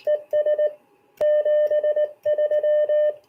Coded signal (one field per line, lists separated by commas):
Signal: Morse code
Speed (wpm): 19 wpm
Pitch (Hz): 600 Hz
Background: none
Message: ES 73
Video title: Starting out in CW